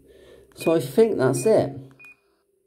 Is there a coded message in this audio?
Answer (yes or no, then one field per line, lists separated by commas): no